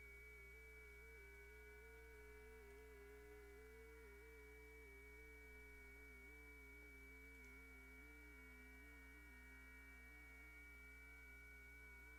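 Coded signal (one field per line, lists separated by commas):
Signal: FT8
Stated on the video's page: Live FT8 on 10 meters during a band opening, making contacts.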